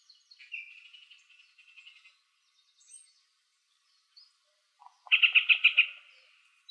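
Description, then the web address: Yellow-breasted Chat song: a thin, wavering whistle with scattered soft notes, then a loud, rapid series of clipped notes. Arizona Field Ornithologists sound library recording, filed under other warblers; apparently recorded 24 April 2004. "Sound Library Other Warblers AZFO YBCH deviche 042404"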